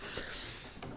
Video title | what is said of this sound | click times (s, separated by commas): DJI Phantom 3 Unboxing | just insert it only have to do is just push it right in and it clicks into place so | 0.8 s